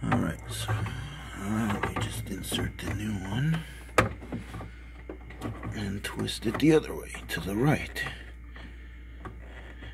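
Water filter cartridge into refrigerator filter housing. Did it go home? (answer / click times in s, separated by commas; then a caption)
yes / 9.3 s. Someone talks while a plastic water filter cartridge is twisted to the right into the filter housing of a Samsung refrigerator. A sharp click at 9.3 s marks the cartridge locking into place, fully seated.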